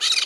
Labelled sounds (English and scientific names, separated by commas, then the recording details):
Brown-throated Parakeet (Eupsittula pertinax) contact call
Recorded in Margarita
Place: San Francisco, near stadium
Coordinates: 11.018, -64.294